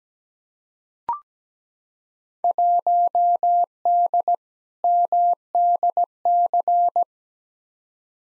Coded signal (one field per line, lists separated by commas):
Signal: Morse code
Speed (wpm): 17 wpm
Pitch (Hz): 700 Hz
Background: none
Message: 1D MDC